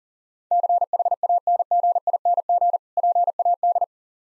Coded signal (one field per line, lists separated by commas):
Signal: Morse code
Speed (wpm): 40 wpm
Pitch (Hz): 700 Hz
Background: none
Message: CHANGING PAD